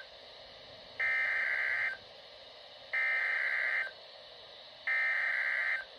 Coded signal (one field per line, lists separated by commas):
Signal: Emergency Alert System (SAME) tones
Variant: header bursts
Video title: NOAA Weather Radio - EAS Doubleheader Flash Flood Warning & Tornado Warning [EAS #7-8] (9/1/21)